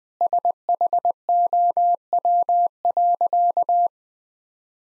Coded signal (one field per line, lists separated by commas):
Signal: Morse code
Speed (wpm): 20 wpm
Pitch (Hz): 700 Hz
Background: none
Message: SHOW.